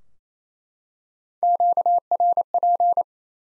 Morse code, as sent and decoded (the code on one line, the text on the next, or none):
--.- .-. .--.
QRP